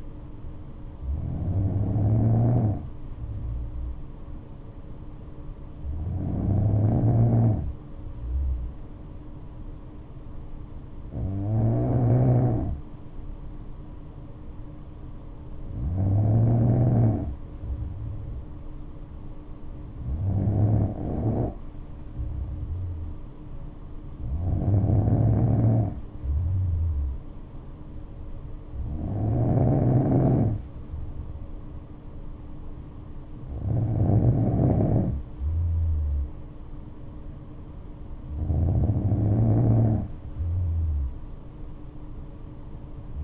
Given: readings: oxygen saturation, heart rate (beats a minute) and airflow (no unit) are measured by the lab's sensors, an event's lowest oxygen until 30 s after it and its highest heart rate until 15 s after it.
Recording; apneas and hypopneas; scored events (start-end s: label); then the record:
breathing in sleep by a smartphone at the bedside; none
none scored
From the record:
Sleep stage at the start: N2 (light sleep); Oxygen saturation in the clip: 93 to 94%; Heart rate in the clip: 62 to 71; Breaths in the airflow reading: 9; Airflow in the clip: -5.8 to 5.7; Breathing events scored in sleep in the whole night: 228 in 5.4 hours asleep